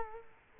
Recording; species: mosquito wingbeat signal from an infrared sensor; Culex quinquefasciatus